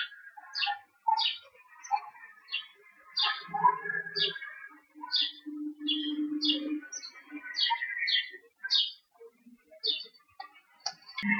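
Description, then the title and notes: Bird chirps, many quick high notes in loose series, with some lower sounds and a scatter of other calls beneath. Urban outdoor soundscape in Murcia, Spain, recorded during the COVID-19 quarantine. "Historias Sonoras Del COVID 19 Aplausos y Pájaros. Infante Juan Manuel, Murcia. Ambiente exterior. Aplausos y pájaros. Paisaje sonoro de Murcia. España, durante la cuarentena"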